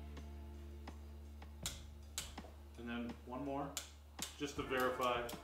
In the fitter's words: go till it clicks